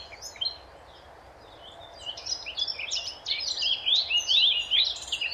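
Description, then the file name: Eurasian blackcap: a few scattered high notes, then a lively, fluty warble building in loudness over the last three seconds, with light background hiss. "Sylvia atricapilla"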